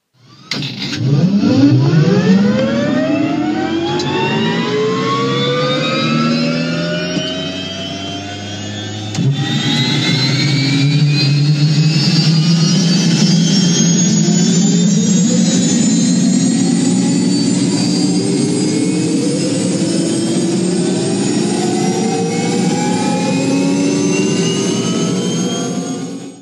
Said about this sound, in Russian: Двигатели взвыли и начали набирать обороты.